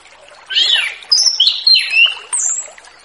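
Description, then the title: Orange-headed thrush song: a short run of rich, varied whistled phrases, some sliding down and others rising, with brief gaps between them. Relaxed, open-toned song used as a lure to attract free-flying spotted birds. "Anis Kembang Ngeplong Santai , Untuk Pancingan Anis Kembang Lepas Trotol"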